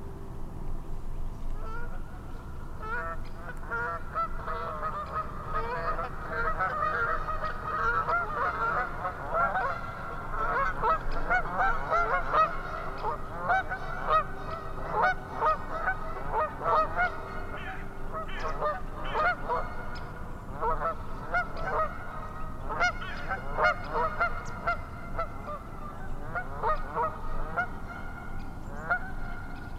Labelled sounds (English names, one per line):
Canada Goose call